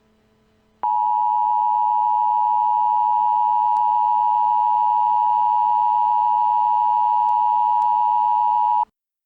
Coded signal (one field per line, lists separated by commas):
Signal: Emergency Alert System (SAME) tones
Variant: 853 and 960 Hz attention tone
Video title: EAS Scenario #1.5, Evil Puro, Alt Ending